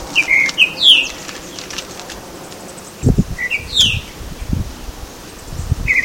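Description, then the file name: Tropical mockingbird singing short whistled phrases: two or three short notes then a higher falling slurred note, repeated in bursts, with low thumping and rustling noise in the second half. Recorded at Baby Beach, Aruba, on 21 November 2013. "Mimus-gilvus-Baby Beach-Aruba. ASilveira"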